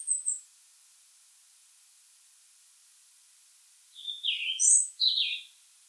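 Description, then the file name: European robin giving a very high thin note, then after a pause two quick tinkling, descending phrases. "Erithacus rubecula"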